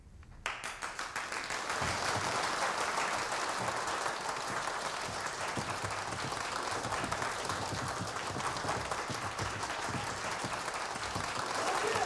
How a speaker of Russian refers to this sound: По одному все поднимаются и аплодируют стоя.